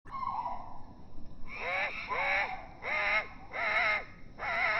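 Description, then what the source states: Great tit begging call: a soft falling note, then five loud, deep, harmonic calls spaced under a second apart, each dipping in pitch and rising again. Juvenile great tit perched on a deck chair backrest, begging for food with trembling wings; can feed itself but prefers being fed; offered soaked dried mealworms; slowed down four times, sounding very dramatic.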